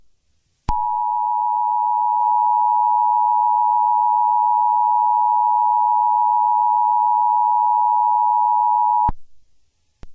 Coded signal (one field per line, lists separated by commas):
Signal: Emergency Alert System (SAME) tones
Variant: 853 and 960 Hz attention tone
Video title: EAS scenario: moon (TEASER)